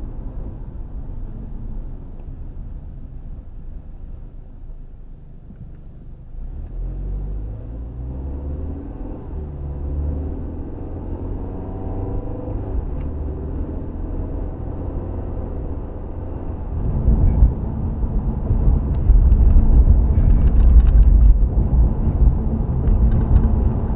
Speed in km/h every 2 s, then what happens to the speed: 24, 8, 3, 15, 26, 37, 45, 53, 56, 56, 58, 58.
0-4 brakes to 3. 4-14 speeds up to 53. 14-24 steady at about 56.